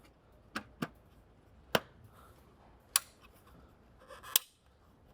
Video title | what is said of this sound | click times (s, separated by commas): BMW F30 335i Bulb Carrier Repair & Replacement DIY (2012-2018 BMW F30, F31, 320i, 328i, 330i, 340i) | pressing it tightly so you hear the clicks | 1.8 s, 3.0 s, 4.4 s